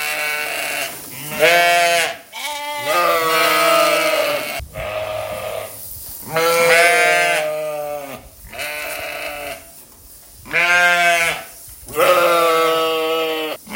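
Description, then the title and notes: Sheep bleats, long tremulous calls repeated with short silences between them. Sheep in a field. "Ovellas Coens. escoitamos perfectamente as ovellas no campo"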